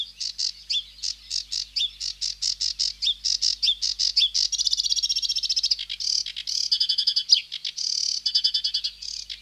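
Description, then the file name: Sedge warbler song: rapid chattering notes turning into dense buzzy trills and rattles, delivered in an unbroken, varied stream. "Sedge Warbler (Acrocephalus schoenobaenus)"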